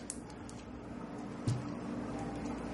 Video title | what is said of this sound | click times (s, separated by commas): pump video1 | yeah loose I didn't even get a click | none